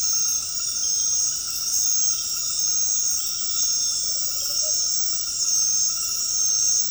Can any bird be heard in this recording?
no